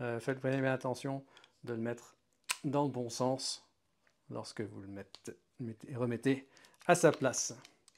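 While a Mle1873 revolver is being reassembled, a small internal lockwork part is handled to go back into the revolver frame in the right orientation as someone talks. Nothing has seated or clicked yet.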